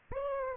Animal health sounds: mosquito wingbeat signal from an infrared sensor; Aedes aegypti

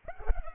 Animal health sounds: mosquito wingbeat signal from an infrared sensor; Culex pipiens

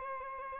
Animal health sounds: mosquito wingbeat signal from an infrared sensor; Aedes albopictus

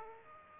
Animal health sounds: mosquito wingbeat signal from an infrared sensor; Aedes aegypti

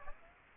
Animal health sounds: mosquito wingbeat signal from an infrared sensor; Aedes aegypti

